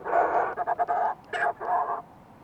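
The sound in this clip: Fulmar prion rasping call in a short sequence: a long buzzy note, quick stuttered pulses, then several more harsh notes.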